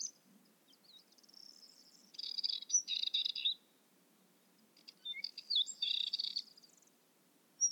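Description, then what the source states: A bird gives high trilled, chattering phrases in two main bursts, with brief thin notes and quiet pauses in between. Recorded 7 March 2006.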